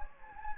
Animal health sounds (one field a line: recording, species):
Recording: mosquito wingbeat signal from an infrared sensor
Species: Anopheles gambiae